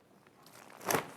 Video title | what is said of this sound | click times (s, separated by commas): Brellashade PopUp Windshield Sun Shade Umbrella | aha got it you got to get a you just got to give it a little click | 0.9 s